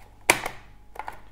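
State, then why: Seated. A plastic accessory is pushed into the opened slot of a Kodak Dock Plus portable photo printer, locking in by an interlocking fit. A sharp, loud click at 0.3 s shows the accessory has seated in its housing, followed by a softer tick at about 0.5 s and two fainter clicks near 1.0 s and 1.1 s.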